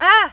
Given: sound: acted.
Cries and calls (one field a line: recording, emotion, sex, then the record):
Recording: nonverbal affect burst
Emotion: surprise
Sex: female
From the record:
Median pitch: 382 Hz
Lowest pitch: 235 Hz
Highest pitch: 441 Hz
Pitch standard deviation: 56 Hz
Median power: 78.9 dB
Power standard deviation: 11.8 dB